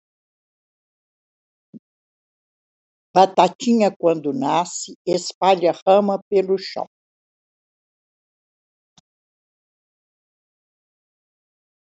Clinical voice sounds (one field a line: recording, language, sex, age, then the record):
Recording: short text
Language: Brazilian Portuguese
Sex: female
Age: 80 to 89 years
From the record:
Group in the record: control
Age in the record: 82 years